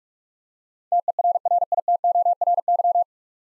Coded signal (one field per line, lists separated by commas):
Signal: Morse code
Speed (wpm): 43 wpm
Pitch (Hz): 700 Hz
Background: none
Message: TERRITORY